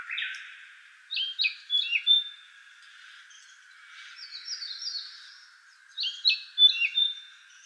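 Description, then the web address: Narcissus flycatcher singing clear, high whistled phrases with sliding notes, four bursts of song separated by brief pauses, over a soft background hiss. Recorded 9 April 2019. "birdenaga kibitaki 190409"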